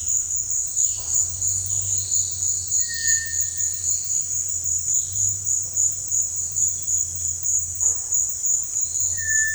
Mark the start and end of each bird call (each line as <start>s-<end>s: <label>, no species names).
0.00s-3.81s: bird call